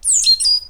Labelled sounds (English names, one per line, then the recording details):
Stitchbird song
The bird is a male
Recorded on Tiritiri Matangi Island, New Zealand, in 2005
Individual 12, of nest box 16